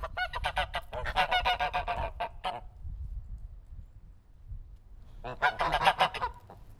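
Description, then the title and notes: Goose: geese giving fast runs of harsh, nasal honks in two bursts separated by a quiet gap, over a steady low rumble. Loud geese recorded in Langel, Cologne, Germany. "Langel, Köln, Deutschland - Gänse. Laute Gänse. Loud Goose"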